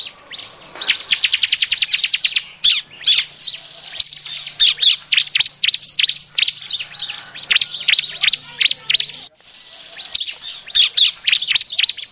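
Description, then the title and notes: Bar-winged prinia calls: a fast run of high, sharp ticking notes, then busy chirps and slurred whistles. Lure calls used to attract other birds. "BURUNG CIBLEK MANCING LAINNYA. Suara Ciblek Pikat"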